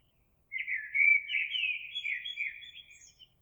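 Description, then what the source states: Eurasian blackbird song: one long, mellow warbling phrase of varied fluty notes, lasting nearly three seconds, with faint high squeaks at the end. Recorded 26 April 2022.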